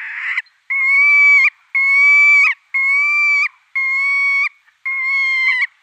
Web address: Schulze Peter Black-tailed Godwit display